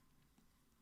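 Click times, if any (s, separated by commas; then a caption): none. A folding pocketknife blade is handled as it starts to close toward its handle, with only faint, soft patter and low background noise heard. The clip ends before the blade goes home, so nothing has seated or clicked yet.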